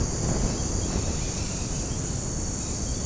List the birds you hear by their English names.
none